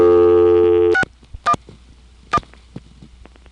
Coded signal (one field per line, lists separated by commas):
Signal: DTMF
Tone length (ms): 70 ms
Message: 611